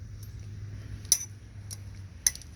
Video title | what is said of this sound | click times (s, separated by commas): Chevy Silverado Front Brake Pads And Rotors Remove Replace Cjange Out Diy How To 2018 and Others | they snap right in there pretty good and | 1.1 s, 2.3 s